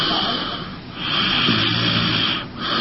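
Two long, harsh, rattling snoring breaths about two seconds apart, typical of loud snoring during sleep in an adult.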